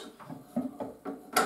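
A metal swing-arm lock on a Parkside metal-cutting bandsaw, locked at first, is pulled to release it so the arm can be lowered. Several dull mechanical clunks are heard, followed by a sharper, brighter clunk at 1.4 s as the lock releases.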